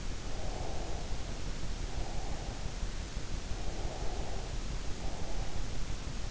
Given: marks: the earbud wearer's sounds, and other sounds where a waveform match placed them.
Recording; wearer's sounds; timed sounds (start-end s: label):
sounds in sleep by an in-ear microphone; breath
0.29-2.75 s: breath
3.60-5.54 s: breath